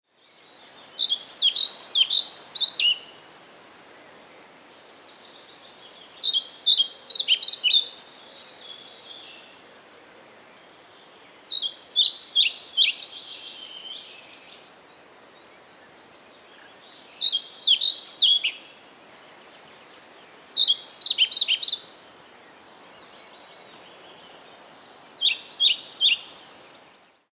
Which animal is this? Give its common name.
European Pied Flycatcher